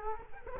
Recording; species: mosquito wingbeat signal from an infrared sensor; Culex quinquefasciatus